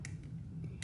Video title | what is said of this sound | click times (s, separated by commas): Unboxing and Review of the Sony ZV-1F | and then they all just kind of hide with these little clicks which makes it the side look very nice and clean | 0.1 s, 0.8 s